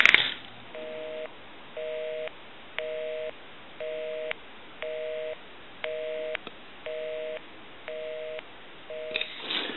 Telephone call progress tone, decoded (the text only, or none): busy tone